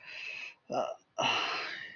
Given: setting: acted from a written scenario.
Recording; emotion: vocal sound without words; embarrassment